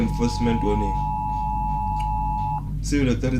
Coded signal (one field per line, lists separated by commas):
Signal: Emergency Alert System (SAME) tones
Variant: 853 and 960 Hz attention tone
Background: speech